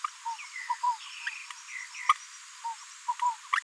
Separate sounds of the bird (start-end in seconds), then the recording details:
0.04-0.07, 3.56-3.60. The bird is a female. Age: 23 days. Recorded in a nest box in Venezuela. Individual 17B73B2